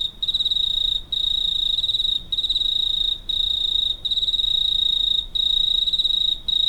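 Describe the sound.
Cricket giving a continuous shrill trill, interrupted by short gaps roughly every second, over a quiet background.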